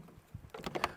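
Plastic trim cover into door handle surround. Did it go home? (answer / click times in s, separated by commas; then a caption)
yes / 0.8 s. A small plastic aesthetic trim cover is pressed into the surround of the interior inner door handle on a 2005–2015 Nissan Navara D40 / R51 Pathfinder. A few light plastic taps and presses build up from about 0.5 s. The trim piece clips into place with a sharp click at 0.8 s, showing it has seated.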